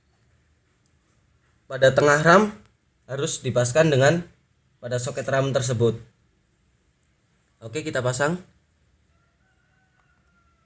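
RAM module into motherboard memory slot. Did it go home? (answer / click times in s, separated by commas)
no / none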